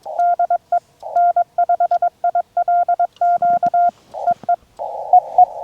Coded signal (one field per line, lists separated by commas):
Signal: Morse code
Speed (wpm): 22 wpm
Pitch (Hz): 700 Hz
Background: none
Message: DE N5ILQ EE EE